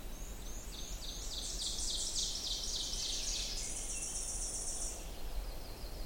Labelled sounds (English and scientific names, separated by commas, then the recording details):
Ovenbird (Seiurus aurocapilla) song
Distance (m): 50 m
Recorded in boreal forest in Alberta, Canada, on 20 June 2016 at 06:41
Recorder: SongMeter 3, array SBT-6-81
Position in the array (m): 4 m, 289 m
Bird 26